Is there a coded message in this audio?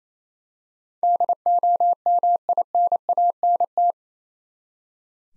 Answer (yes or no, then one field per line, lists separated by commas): yes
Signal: Morse code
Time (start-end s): 1.0-3.9 s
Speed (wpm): 27 wpm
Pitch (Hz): 700 Hz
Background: none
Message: DOMINANT